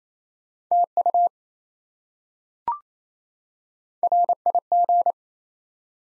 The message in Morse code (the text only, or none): TU RIG